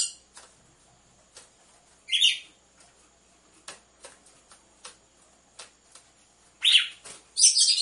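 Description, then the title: Red-cowled cardinal giving a brief chirped note, then a long stretch of soft ticking, then a louder chirp and a harsher burst at the end. Female song, used to warm up males; with the beat of two males. "Canto Galo Campina Fêmea 01. ESQUENTE GALO DE CAMPINA COM BATIDA DE DOIS MACHOS"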